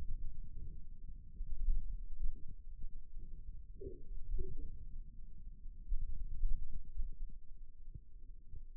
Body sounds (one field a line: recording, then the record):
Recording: forearm muscle sounds (acoustic myography)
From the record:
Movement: pen grasping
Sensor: system 2, bracelet of six BSWA MPA416 microphones around the upper forearm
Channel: 4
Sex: male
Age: 22 years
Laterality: right